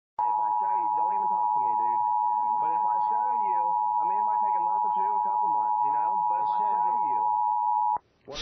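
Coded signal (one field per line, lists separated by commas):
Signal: Emergency Alert System (SAME) tones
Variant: 853 and 960 Hz attention tone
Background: speech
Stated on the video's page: Hacked EAS alert with an emergency buzzer interrupting Montana television, warning of zombies; not a real emergency.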